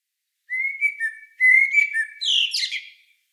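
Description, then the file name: Common blackbird phrase of clear, level fluted whistles followed by a brief high, squeaky twittering flourish; nothing else audible. "Turdus merula"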